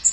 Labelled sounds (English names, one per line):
Blackpoll Warbler flight call